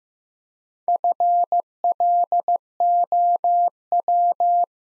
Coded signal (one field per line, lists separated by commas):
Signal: Morse code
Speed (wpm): 15 wpm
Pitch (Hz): 700 Hz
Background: none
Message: FLOW